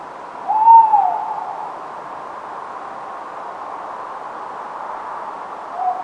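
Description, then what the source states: Tawny owl giving one short, arched hooted note early on, then a faint note at the end, with constant background hiss between. Several tawny owls, Somerset, 28 August 2017, at night.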